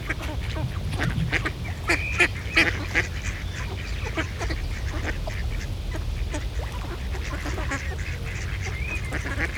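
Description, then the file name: Duck quacks come thickly in the first three seconds, then more sparsely, harsh and nasal, over continuous low-pitched background noise. Ducks in a pond. "Eenden in een vijver - Sound Cloud - Beeld en Geluid"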